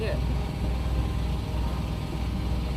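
A plastic mounting cover for the cab air filter is handled at a truck's HVAC housing, being slid up flush toward its place. A steady low engine rumble runs throughout, and someone talks briefly. The cover has not snapped in yet, and nothing has seated or clicked.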